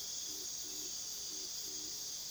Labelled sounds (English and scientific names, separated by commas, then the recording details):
none
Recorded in pastures near Puerto Asís, Putumayo, Colombia, on 20 February 2024 at 01:30
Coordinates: 0.497, -76.327
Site G7276